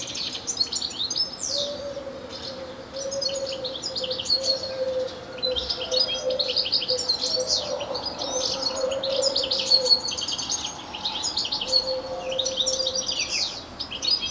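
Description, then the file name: European goldfinch calls, rapid liquid twittering and buzzy high notes running almost continuously. "Carduelis carduelis"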